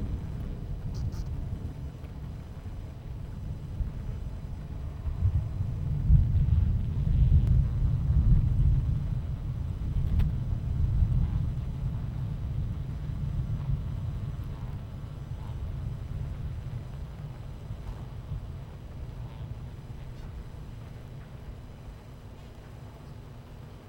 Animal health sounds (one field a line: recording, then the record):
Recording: honeybee colony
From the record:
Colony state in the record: missing queen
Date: 14 July 2017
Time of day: 11:33